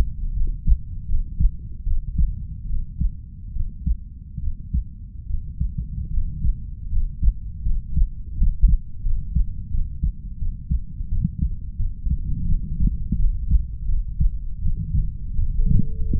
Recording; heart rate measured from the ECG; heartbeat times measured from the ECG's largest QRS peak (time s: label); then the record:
heart sounds by stethoscope; 80 bpm
0.33 s: heartbeat
1.05 s: heartbeat
1.83 s: heartbeat
2.66 s: heartbeat
3.52 s: heartbeat
4.39 s: heartbeat
5.26 s: heartbeat
6.09 s: heartbeat
6.88 s: heartbeat
7.62 s: heartbeat
8.33 s: heartbeat
9.01 s: heartbeat
9.70 s: heartbeat
10.38 s: heartbeat
11.08 s: heartbeat
11.76 s: heartbeat
12.45 s: heartbeat
13.16 s: heartbeat
13.85 s: heartbeat
14.59 s: heartbeat
15.35 s: heartbeat
16.12 s: heartbeat
From the record:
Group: healthy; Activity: rest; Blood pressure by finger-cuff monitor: 109/58 mmHg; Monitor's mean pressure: 71 mmHg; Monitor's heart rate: 78 bpm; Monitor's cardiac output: 5.9 L/min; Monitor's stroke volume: 78 mL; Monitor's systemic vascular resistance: 840 dyn s/cm5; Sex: female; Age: 32 years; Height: 168 cm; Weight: 61.9 kg